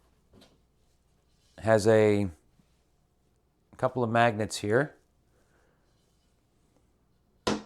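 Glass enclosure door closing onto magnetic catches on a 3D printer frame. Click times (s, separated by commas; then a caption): 7.5 s. Someone talks, then closes the glass front door of an Infimech TX 3D printer's enclosure onto its magnetic catches on the frame. The magnets pull the door shut with a single sharp snap at 7.5 s, and it snaps in place nicely.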